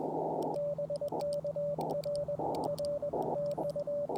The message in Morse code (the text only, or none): BK R R TU